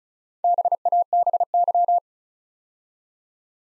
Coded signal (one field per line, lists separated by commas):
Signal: Morse code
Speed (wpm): 36 wpm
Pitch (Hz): 700 Hz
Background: none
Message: BABY